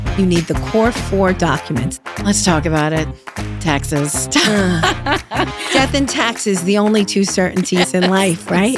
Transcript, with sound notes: You need the core four documents. Let's talk about it, taxes. [LAUGHS] Death and taxes the only two certainties in life, right?